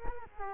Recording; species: mosquito wingbeat signal from an infrared sensor; Culex quinquefasciatus